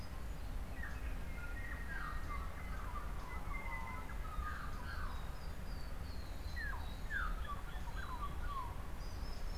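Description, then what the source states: Birds (mixed species): dawn chorus of mixed birds, many short whistled phrases throughout, with constant low background rumble. Temperate dawn chorus in New Zealand.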